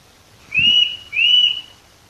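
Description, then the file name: Eurasian nuthatch producing two drawn-out whistled notes, with a short low thump under the first. "Sitta europaea"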